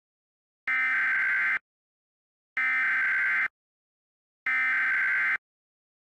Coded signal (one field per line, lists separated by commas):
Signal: Emergency Alert System (SAME) tones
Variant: header bursts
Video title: EAS ???